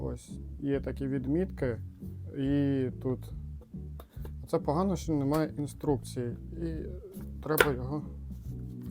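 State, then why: Not seated. A plastic mop component is lined up along its alignment marks and fitted toward its mount on a flat mop and wringer-bucket set while someone talks over background music. Nothing has seated or clicked yet.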